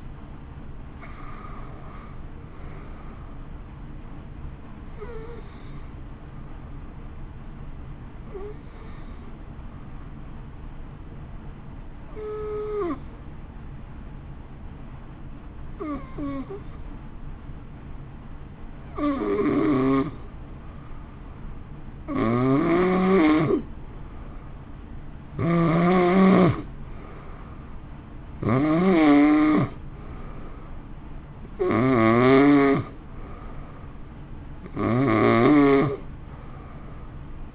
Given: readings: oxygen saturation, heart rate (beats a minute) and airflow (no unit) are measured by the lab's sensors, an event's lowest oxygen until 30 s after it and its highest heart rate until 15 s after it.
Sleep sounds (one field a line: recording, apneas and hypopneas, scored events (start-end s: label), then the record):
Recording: breathing in sleep by a smartphone at the bedside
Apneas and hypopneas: 1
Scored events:
5.00-24.30 s: hypopnea (N2, oxygen 94% highest, then 88% lowest)
From the record:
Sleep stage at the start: N2 (light sleep)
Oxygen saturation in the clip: 87 to 94%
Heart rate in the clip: 53 to 59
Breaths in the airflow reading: 11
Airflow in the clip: -1.7 to 2.2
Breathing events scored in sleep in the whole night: 328 in 6.3 hours asleep